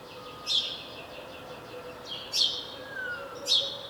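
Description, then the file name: House sparrow giving three bright, falling chirps over a soft background hiss. "Passer domesticus"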